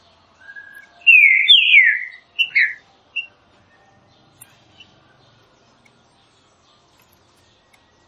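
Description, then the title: Green-winged saltator song: a soft whistle, then loud, slurred whistled notes, ending in short clipped notes. Classic song style (canto clássico) used for training birds. "Canto Clássico Trinca Ferro TREINAMENTO"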